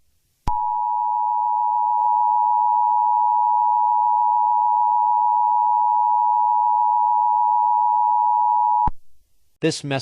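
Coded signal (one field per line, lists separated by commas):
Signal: Emergency Alert System (SAME) tones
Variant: 853 and 960 Hz attention tone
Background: speech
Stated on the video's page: Fictional EAS scenario, not a real broadcast.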